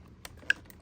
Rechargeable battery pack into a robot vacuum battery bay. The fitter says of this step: Do you see how that clicked down?